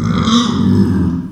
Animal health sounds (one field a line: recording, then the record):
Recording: squeal of a Yucatan mini pig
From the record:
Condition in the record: after surgery on the right vocal fold (resection and tissue-engineered implant)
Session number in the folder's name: 12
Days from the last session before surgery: 105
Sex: female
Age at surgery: 19 weeks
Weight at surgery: 25 kg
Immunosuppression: prednisolone